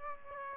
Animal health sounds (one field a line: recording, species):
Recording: mosquito wingbeat signal from an infrared sensor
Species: Aedes aegypti